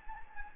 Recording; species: mosquito wingbeat signal from an infrared sensor; Anopheles gambiae